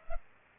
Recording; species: mosquito wingbeat signal from an infrared sensor; Culex pipiens